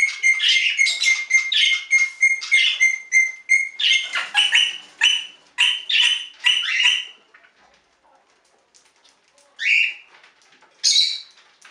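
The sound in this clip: Budgerigar warbling chatter with a steady thin whistle under the first part, then after about seven seconds near silence and two short chirps.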